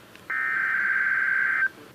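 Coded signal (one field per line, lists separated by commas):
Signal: Emergency Alert System (SAME) tones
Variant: header bursts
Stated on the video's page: Real Winter Storm Warning alert capture.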